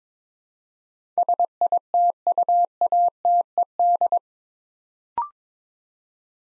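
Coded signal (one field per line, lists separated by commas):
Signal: Morse code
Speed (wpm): 22 wpm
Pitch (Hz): 700 Hz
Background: none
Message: SITUATED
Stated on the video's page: Morse practice drill, 22 wpm, building 8-letter words three letters at a time.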